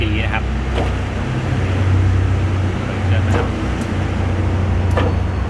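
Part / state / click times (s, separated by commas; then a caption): auto-feed selector lever into lathe feed gearbox / partly seated / 5.0 s. An auto-feed selector lever is shifted into the feed gearbox of a metal lathe over a steady low machine hum while someone talks. A short hit sounds at 4.97 s, but the feed does not turn, showing the lever is not fully engaged.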